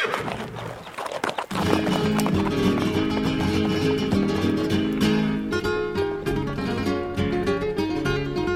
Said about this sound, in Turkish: oradan sütçü beygiri. De! De!